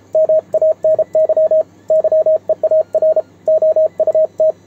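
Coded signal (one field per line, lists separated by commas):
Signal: Morse code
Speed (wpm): 32 wpm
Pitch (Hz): 630 Hz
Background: radio noise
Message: MANY YEAR OUT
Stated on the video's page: Morse keyed on a homemade 3D-printed single-lever paddle during a contact with Japan on 28 MHz.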